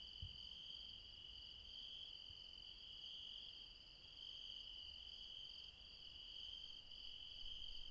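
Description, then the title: Shrill, continuous insect trilling in stacked bands, a steady night chorus with faint low background noise. Late night, mountains, Refuge Krevatia, Barbala, Dion, Greece. "Refuge Krevatia, Μπαρμπαλά, Dion 601 00, Greece - Late night mountain insects"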